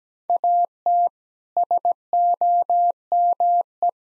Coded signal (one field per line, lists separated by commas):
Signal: Morse code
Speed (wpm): 17 wpm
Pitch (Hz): 700 Hz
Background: none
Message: AT SOME